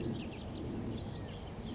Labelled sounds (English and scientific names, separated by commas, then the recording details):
House Finch (Haemorhous mexicanus)
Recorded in Sonoma County, California